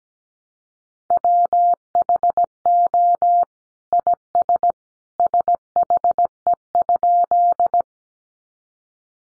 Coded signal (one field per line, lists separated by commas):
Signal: Morse code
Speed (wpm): 17 wpm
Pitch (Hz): 700 Hz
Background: none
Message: WHO IS SHE?